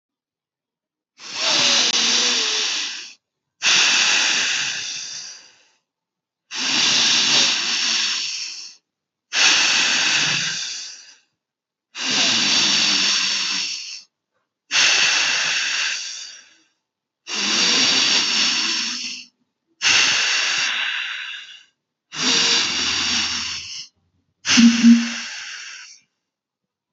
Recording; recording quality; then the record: deep breathing; excellent, no background noise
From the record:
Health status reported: healthy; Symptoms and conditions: none ticked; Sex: male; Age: 33 years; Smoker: not ticked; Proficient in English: yes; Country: India